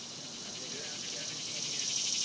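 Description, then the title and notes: Cicadas giving a brief high, pulsing buzz that builds slightly across the short stretch. Cicadas recorded outdoors in a cemetery during the daytime in summer. "Ext, Daytime Cicadas, Cemetery, Summer"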